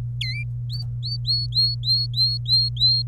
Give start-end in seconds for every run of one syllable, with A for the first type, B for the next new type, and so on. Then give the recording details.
0.21-0.43 A, 0.70-3.02 B. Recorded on 26 April 2018 at 14:55. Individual llb3